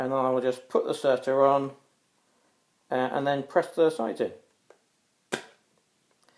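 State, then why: Seated. A spring-loaded inserter drives a glucose sensor (Enlite sensor for Medtronic Guardian Connect) into the skin of the stomach, firing with a sharp click at 5.3 s. Before it, someone talks, and a few faint ticks follow. The sensor goes in and is seated.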